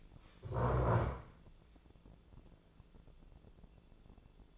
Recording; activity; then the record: daily activity, microphone in the room; stand up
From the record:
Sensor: 5